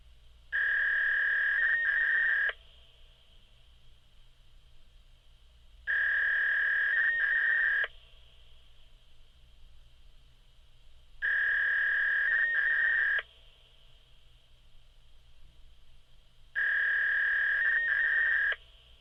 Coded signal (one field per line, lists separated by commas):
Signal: fax machine handshake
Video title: FAX SONIDO DE DATOS || ALPsounds -- data fax sound effect